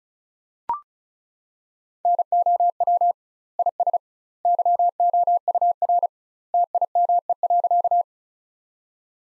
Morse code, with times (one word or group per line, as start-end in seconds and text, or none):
2.1-3.1 NOW
3.6-4.0 IS
4.5-6.1 YOUR
6.5-8.0 TIME.